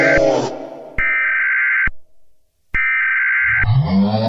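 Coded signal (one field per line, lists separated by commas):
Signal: Emergency Alert System (SAME) tones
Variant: header bursts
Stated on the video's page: SAME tones in a fictional horror EAS scenario.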